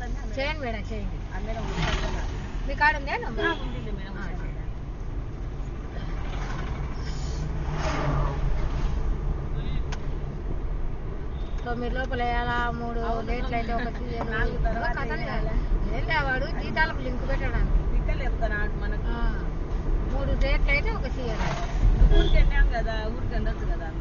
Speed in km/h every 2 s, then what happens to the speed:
28, 32, 34, 38, 39, 43, 42, 43, 46, 48, 48, 46.
0-18 speeds up to 48. 18-24 steady at about 48.